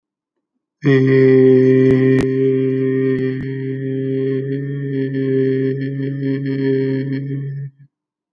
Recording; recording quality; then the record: sustained vowel as in made; excellent, no background noise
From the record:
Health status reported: healthy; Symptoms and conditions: none ticked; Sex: male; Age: 27 years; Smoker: yes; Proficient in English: yes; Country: India